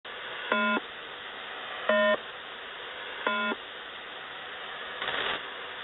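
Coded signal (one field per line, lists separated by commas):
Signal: channel marker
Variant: The Squeaky Wheel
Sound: three short buzzy, squeaky two-pitch tone bursts, evenly spaced, then a brief noise burst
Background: radio static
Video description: "The Squeaky Wheel" is a Russian military radiostation that broadcasts on 5367 kHz at daytime and on 3363.5 kHz at nighttime.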